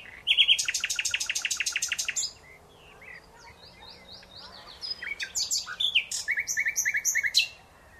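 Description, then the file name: Common nightingale song: a fast, buzzy trill of evenly repeated notes, a quieter stretch of scattered whistles, then a second loud phrase of rapid repeated notes. "Luscinia megarhynchos"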